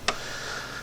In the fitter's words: That'll lock it in place. See how that locks in place?